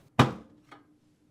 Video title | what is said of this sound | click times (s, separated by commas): How to replace Lower Spray Nozzle part # DD82-01383A on your Samsung Dishwasher | to install align the lower spray nozzle assembly to the port in the sump cover and press until it snaps into place | 0.2 s